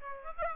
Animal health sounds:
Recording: mosquito wingbeat signal from an infrared sensor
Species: Aedes aegypti

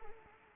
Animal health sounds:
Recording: mosquito wingbeat signal from an infrared sensor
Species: Anopheles arabiensis

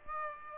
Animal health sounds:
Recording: mosquito wingbeat signal from an infrared sensor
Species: Aedes aegypti

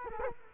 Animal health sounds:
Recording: mosquito wingbeat signal from an infrared sensor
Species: Culex quinquefasciatus

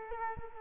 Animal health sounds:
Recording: mosquito wingbeat signal from an infrared sensor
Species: Culex quinquefasciatus

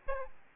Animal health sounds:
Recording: mosquito wingbeat signal from an infrared sensor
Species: Aedes albopictus

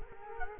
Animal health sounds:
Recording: mosquito wingbeat signal from an infrared sensor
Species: Culex quinquefasciatus

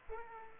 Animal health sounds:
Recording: mosquito wingbeat signal from an infrared sensor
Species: Culex pipiens

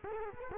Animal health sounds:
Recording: mosquito wingbeat signal from an infrared sensor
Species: Culex quinquefasciatus

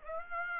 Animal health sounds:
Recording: mosquito wingbeat signal from an infrared sensor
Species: Aedes aegypti

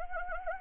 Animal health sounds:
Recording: mosquito wingbeat signal from an infrared sensor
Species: Anopheles arabiensis

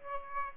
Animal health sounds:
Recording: mosquito wingbeat signal from an infrared sensor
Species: Aedes aegypti

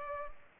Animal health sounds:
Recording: mosquito wingbeat signal from an infrared sensor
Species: Culex pipiens

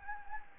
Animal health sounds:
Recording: mosquito wingbeat signal from an infrared sensor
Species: Anopheles gambiae

